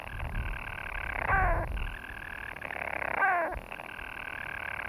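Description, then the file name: European storm petrel producing a buzzy sustained purr, with two descending hiccup notes about two seconds apart and faint low rumble beneath. "Storm Petrel (Hydrobates pelagicus)"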